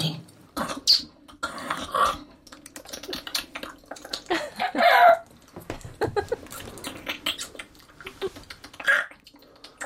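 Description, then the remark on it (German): Several people imitate budgerigar chirping with a busy stream of short, clicky, high-pitched chirps and squeaks, overlapping in an irregular chatter with occasional louder bursts. The sounds are being made for a radio play recording. “Das ist klasse, ihr seid die perfekten Wellensittiche.”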